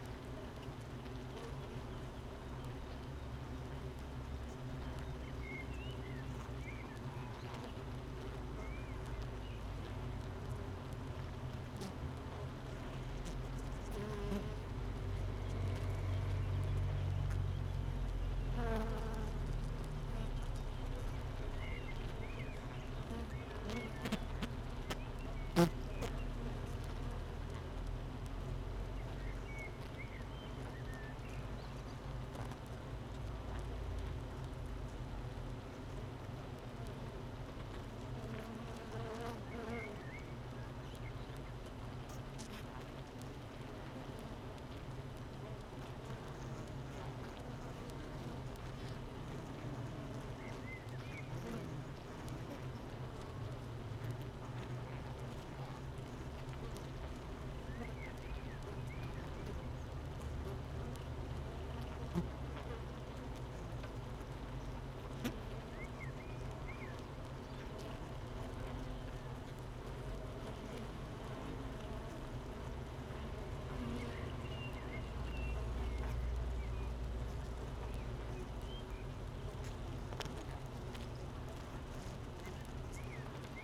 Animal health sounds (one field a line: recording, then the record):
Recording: honeybee colony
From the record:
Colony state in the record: missing queen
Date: 31 May 2018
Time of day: 8:28